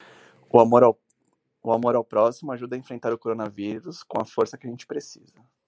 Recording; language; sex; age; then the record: spoken sentence; Brazilian Portuguese; male; 40 to 49 years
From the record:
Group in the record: control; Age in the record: 43 years